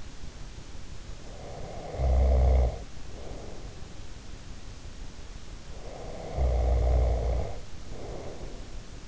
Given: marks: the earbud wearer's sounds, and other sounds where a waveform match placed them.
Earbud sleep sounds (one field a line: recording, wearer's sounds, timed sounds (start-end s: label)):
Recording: sounds in sleep by an in-ear microphone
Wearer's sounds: snoring breath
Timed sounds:
1.25-3.95 s: snoring breath
5.67-9.08 s: snoring breath